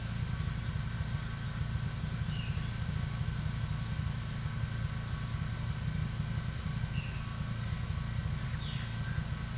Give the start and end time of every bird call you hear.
[2.15, 2.63] Violaceous Jay (Cyanocorax violaceus)
[6.86, 7.28] Violaceous Jay (Cyanocorax violaceus)
[8.41, 8.82] Violaceous Jay (Cyanocorax violaceus)

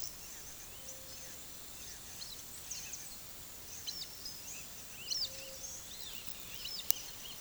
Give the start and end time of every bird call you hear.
[3.84, 4.07] Chestnut-eared Aracari (Pteroglossus castanotis)
[4.30, 7.41] Roadside Hawk (Rupornis magnirostris)
[5.03, 5.30] Chestnut-eared Aracari (Pteroglossus castanotis)
[6.64, 6.83] Chestnut-eared Aracari (Pteroglossus castanotis)

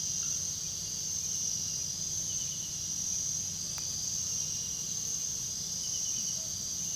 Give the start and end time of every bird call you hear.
[6.28, 6.56] Tropical Screech-Owl (Megascops choliba)

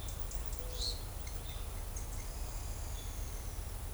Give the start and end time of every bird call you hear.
[0.67, 0.97] Blue-black Grassquit (Volatinia jacarina)
[2.32, 3.78] Yellow-chinned Spinetail (Certhiaxis cinnamomeus)

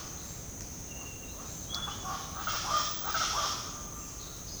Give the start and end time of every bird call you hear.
[0.88, 4.44] Speckled Chachalaca (Ortalis guttata)

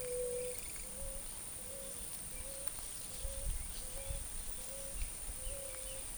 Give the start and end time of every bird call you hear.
[0.00, 0.56] White-tipped Dove (Leptotila verreauxi)
[0.74, 6.08] Eared Dove (Zenaida auriculata)

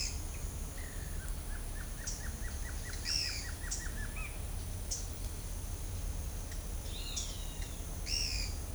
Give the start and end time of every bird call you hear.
[0.31, 1.17] Slaty-headed Tody-Flycatcher (Poecilotriccus sylvia)
[1.18, 4.29] Black-crested Antshrike (Sakesphorus canadensis)
[2.91, 3.48] Pale-eyed Pygmy Tyrant (Atalotriccus pilaris)
[6.90, 7.83] Great Kiskadee (Pitangus sulphuratus)
[8.04, 8.51] Pale-eyed Pygmy Tyrant (Atalotriccus pilaris)

